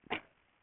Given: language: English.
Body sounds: throat vibration sensor signal played as sound; cough

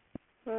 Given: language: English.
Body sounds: throat vibration sensor signal played as sound; speech

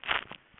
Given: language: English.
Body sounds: throat vibration sensor signal played as sound; swallow

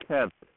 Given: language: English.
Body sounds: throat vibration sensor signal played as sound; speech

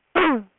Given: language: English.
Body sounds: throat vibration sensor signal played as sound; throat clearing

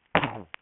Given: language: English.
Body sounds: throat vibration sensor signal played as sound; cough

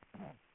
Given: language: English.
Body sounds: throat vibration sensor signal played as sound; throat clearing

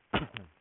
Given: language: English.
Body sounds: throat vibration sensor signal played as sound; cough

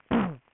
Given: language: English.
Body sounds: throat vibration sensor signal played as sound; throat clearing

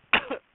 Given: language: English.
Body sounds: throat vibration sensor signal played as sound; cough

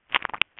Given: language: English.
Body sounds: throat vibration sensor signal played as sound; swallow

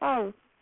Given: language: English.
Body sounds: throat vibration sensor signal played as sound; speech

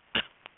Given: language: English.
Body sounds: throat vibration sensor signal played as sound; cough

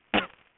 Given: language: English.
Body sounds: throat vibration sensor signal played as sound; cough

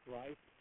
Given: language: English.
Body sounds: throat vibration sensor signal played as sound; speech

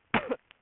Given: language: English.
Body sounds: throat vibration sensor signal played as sound; cough

